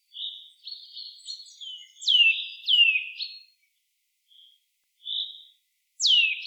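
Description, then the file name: Eurasian nuthatch calling: soft, slightly buzzy high notes at first, then three loud, clear calls that drop sharply in pitch, the last after a pause broken by two soft notes. "Sitta europaea"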